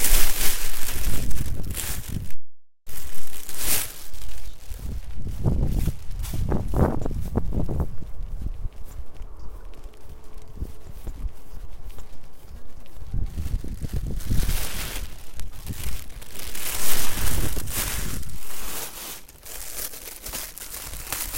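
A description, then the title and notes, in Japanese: A plastic bag rustles and crinkles as dried daikon strips are gathered off a drying rack and dropped into it. The crackling comes in bursts, heaviest at the start and again from about 14 to 18 seconds, with a quieter patch around 9 to 12 seconds. 袋ガサ音 切り干し大根 干し台から回収。千切り大根が寒風にさらされ、カラカラに乾燥して切り干し大根の完成です！周りは冬枯れの畑。干し台から袋に回収します。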